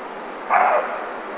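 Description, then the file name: Roe deer giving a single short, rough bark over a low constant hiss. "chevreuil"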